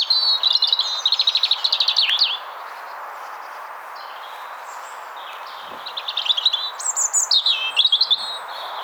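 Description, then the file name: European robin song with fast, rapidly repeated high notes in a trilling phrase, then a pause and a second jangling, varied phrase rising and falling. "Erithacus rubecula"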